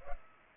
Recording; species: mosquito wingbeat signal from an infrared sensor; Culex pipiens